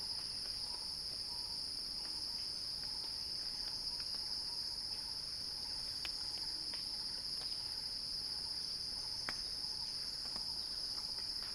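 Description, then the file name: Cicada song ringing evenly in a high, hissing buzz, accompanied by faint low chirps and scattered crisp clicks. Cicada song building in a crescendo, recorded by Axel Drioli. "earth-fm Axel-Drioli Cicada-Crescendo-Sounding-Wild"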